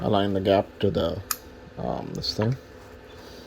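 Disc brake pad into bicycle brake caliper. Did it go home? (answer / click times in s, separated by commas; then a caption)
no / none. A replacement Tektro disc brake pad is being lined up with the gap in the caliper on a Carbo Model X eBike during 1000 km maintenance. Someone talks while handling the pad, with a brief sharp tick near 1.3 s. Nothing has seated or clicked into place yet.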